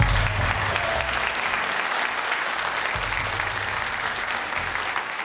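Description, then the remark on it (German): Steady applause from an audience, a dense crackle of many hands clapping continuously at even loudness for several seconds, with no voices rising above it. “Klatscht dir gar nicht”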